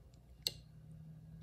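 A rotating diaphragm under a microscope stage is turned until its detent clicks into place at 0.5 s with a sharp, bright tick over a low steady hum. A fainter tick follows at 1.4 s, and the diaphragm is seated in position.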